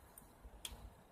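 A click-type torque wrench tightens a cylinder head bolt during a VTEC engine head install, with faint ratcheting over a quiet background. One sharp click at 0.7 s marks the set torque, confirming the bolt is torqued to its setting.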